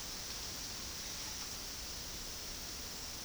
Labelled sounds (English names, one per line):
none